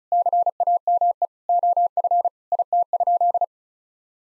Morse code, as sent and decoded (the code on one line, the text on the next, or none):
-.-. .- -- . / --- ..-. / .. - ..--..
CAME OF IT?